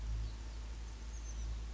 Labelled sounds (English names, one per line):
Oak Titmouse